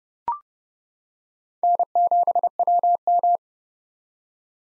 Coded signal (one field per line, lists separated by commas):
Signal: Morse code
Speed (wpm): 31 wpm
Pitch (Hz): 700 Hz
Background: none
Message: N7WM